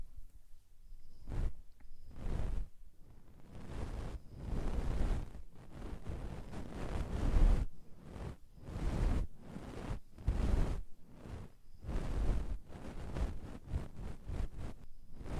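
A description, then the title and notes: Ear cleaning sounds: soft rubbing and brushing strokes pressed right against the microphone, coming in uneven bursts every second or so with brief quiet gaps. The strokes are muffled and rumbling, like wind or surf, with a faint thin whine in the background. ASMR Deep Ear Cleaning - Intense Ear Relaxation (No Talking).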